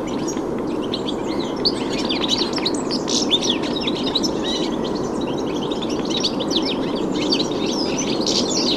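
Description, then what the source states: European goldfinches in a flock give continuous overlapping twittering, bright liquid chirps and trills tumbling over each other, with a constant low rumble beneath. Flock in black alders at Rantalehto on the edge of Lohja town, Finland; goldfinches making a canary-like sound.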